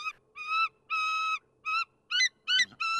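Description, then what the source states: Bald eagle calls: a series of several high, piping notes with overtones, one drawn out, the later ones wavering and chittering. A pair of bald eagles at a nest in Trempealeau, Wisconsin, watched on a public webcam.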